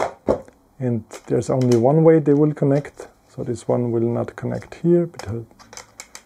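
Someone talks while handling a plastic joystick module, lining it up to attach magnetically to the touchscreen remote of a HOVER AIR X1 Pro Max drone; it connects only one way. A few faint handling ticks come near the end, but nothing has seated or clicked yet.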